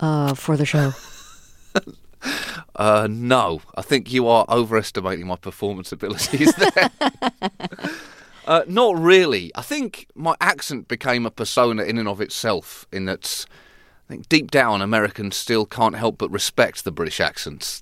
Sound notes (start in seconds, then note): 0.8 soundbite of laughter; 6.1 soundbite of laughter